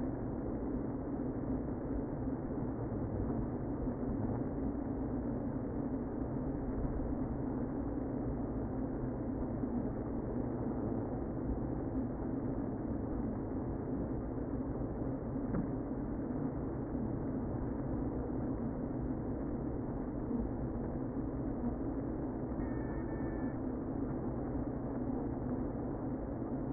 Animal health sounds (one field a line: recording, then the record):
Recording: honeybee colony, microphone inside the hive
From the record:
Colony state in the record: queen present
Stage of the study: before two queens were removed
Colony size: about 60,000 bees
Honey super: yes